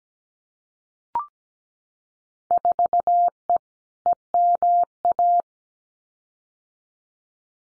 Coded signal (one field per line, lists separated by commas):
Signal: Morse code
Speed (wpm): 17 wpm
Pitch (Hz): 700 Hz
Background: none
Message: 4E EMA